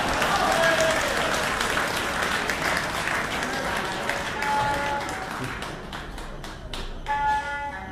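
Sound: audience applause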